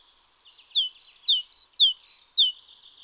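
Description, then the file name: Great tit calling with a string of eight high notes, several swooping down, over a background of soft, rapid twittering. "Parus major"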